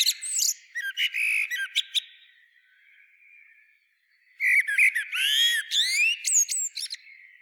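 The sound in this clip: Common blackbird song with two phrases of varied whistles and rising squeaky notes, the second fuller and longer, separated by a quieter stretch.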